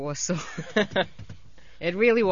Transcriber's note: they laugh